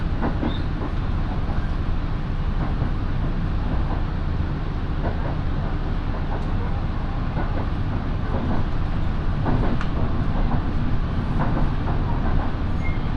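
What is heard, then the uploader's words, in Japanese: A local train runs on the Minobu Line between Minobu and Ichikawa-Daimon. A steady, dense low rumble fills the whole stretch, with faint short clicks from the rails coming irregularly every second or so. The running noise swells slightly after about nine seconds. 耳で楽しむ鉄道旅 身延線普通 身延→市川大門。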